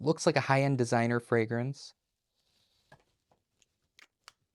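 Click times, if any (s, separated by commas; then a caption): 4.3 s. Someone talks for about the first two seconds, then a few small, faint handling ticks follow. A cap is put back onto a heavy perfume bottle with a faux leather finish and clicks into place with a sharp, short click at 4.3 s.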